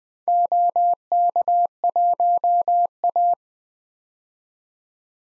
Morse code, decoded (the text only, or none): OK1A